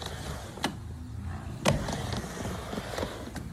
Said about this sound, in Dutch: Laat even op zich wachten. Fluisterskateboard dit. Ik hoor helemaal niks. Ik hoor wel harde wielen. Ik hoor echt harde wielen.